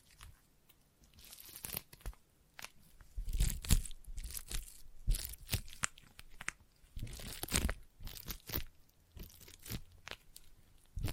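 Sticky tapping and sticky triggers make bursts of crackling, tearing noise that come in uneven clusters, several per second. Some bursts are sharp and bright, others duller crunches with a low thump underneath. Brief quieter gaps fall between the busier stretches.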